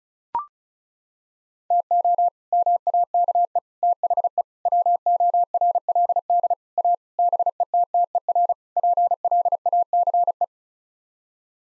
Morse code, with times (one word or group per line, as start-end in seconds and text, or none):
1.7-2.3 TO
2.5-3.6 MAKE
3.8-4.4 THE
4.7-6.5 WORLD
6.8-7.0 A
7.2-8.5 BETTER
8.8-10.4 PLACE